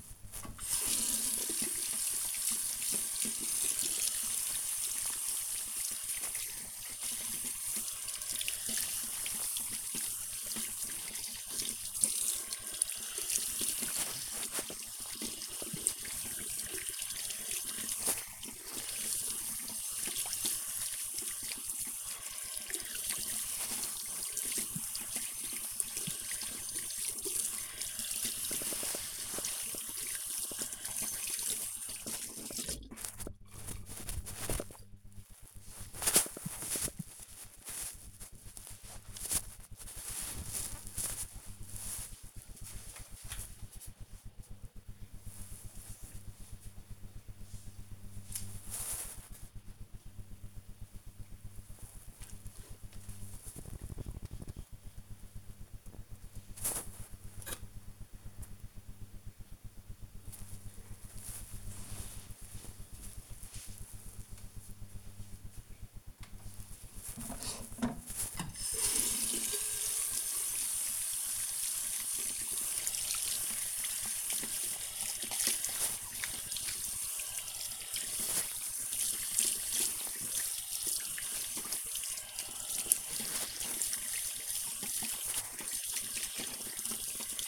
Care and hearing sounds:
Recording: household activities, microphone on the right wrist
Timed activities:
0.00-34.07 s: washing hands
65.25-87.48 s: washing hands

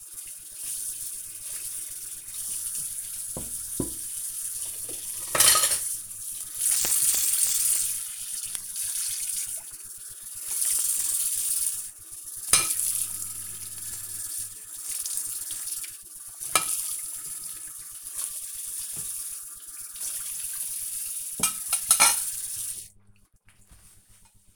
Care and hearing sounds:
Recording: household activities, microphone on the right wrist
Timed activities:
0.00-22.79 s: washing dishes

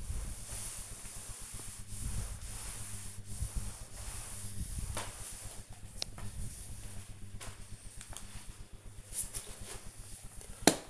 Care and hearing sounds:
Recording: household activities, microphone on the right wrist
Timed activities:
0.00-10.89 s: floor cleaning

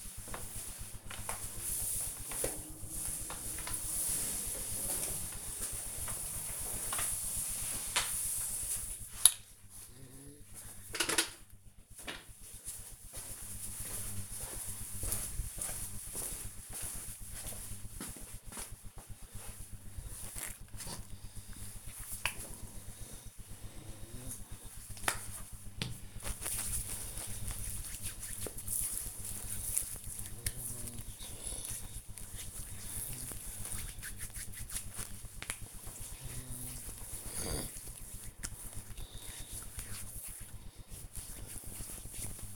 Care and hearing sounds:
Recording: household activities, microphone on the right wrist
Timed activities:
0.00-9.64 s: floor cleaning
20.73-41.92 s: cream hands

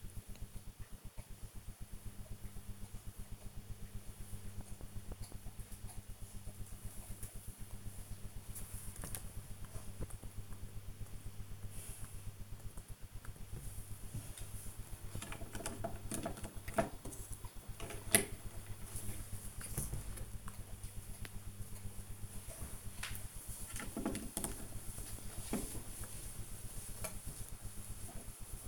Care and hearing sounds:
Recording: household activities, microphone on the right wrist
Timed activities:
0.00-28.68 s: building with lego

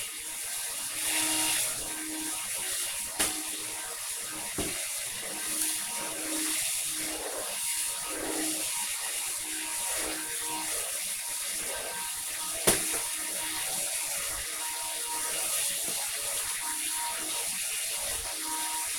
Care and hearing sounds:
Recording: household activities, microphone on the right wrist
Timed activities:
0.00-18.99 s: vacuum cleaning

